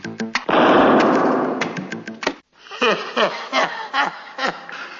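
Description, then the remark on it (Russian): A few sharp pops lead into a loud, roaring blast as homemade bombs explode: Coca-Cola cans stuffed with salt, pepper, ketchup and chewing gum, hung on a door, wrapped with thread and lit. Crackling bangs last about two seconds. After a brief silence, a voice follows with choppy, laugh-like sounds. “Он собрал их вместе, запихал в банки, банки повесил на дверь, обмотал нитками и поджег.”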